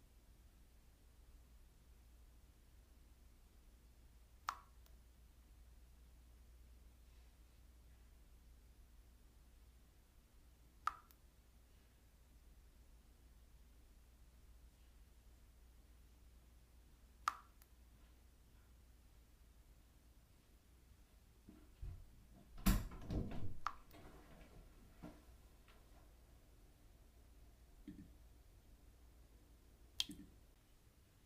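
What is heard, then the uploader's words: Single drops of water fall at a slow, even pace, about every six or seven seconds, each a sharp little plink with a soft ring. Around 22 to 24 seconds a denser splashy patch sounds, then drops resume near 28 and 30 seconds over a low, steady hum. Peaceful Drops of Water. The gentle sound of water droplets splashing.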